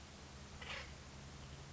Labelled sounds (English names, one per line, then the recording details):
Acorn Woodpecker
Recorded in Sonoma County, California